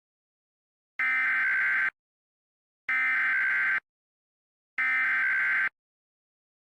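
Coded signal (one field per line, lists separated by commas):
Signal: Emergency Alert System (SAME) tones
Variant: header bursts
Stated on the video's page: Fictional scenario using valid SAME tones and an attention tone from other recordings.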